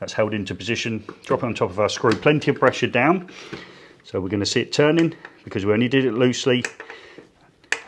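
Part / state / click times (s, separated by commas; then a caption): torque screwdriver on neutral bar terminal screw / torque reached / 7.7 s. Someone talks while a torque screwdriver, reset to 2 Nm, is pressed down on a neutral bar terminal screw in a consumer unit and turned. A single sharp click sounds at 7.7 s, confirming the screw has reached the required torque setting.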